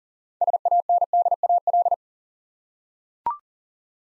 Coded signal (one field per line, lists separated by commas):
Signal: Morse code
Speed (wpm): 38 wpm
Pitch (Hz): 700 Hz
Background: none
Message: SANDAL